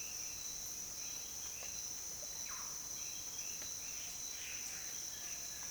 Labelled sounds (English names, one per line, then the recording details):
none
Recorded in dense forest near Puerto Asís, Putumayo, Colombia, on 22 June 2025 at 07:00
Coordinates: 0.484, -76.325
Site H65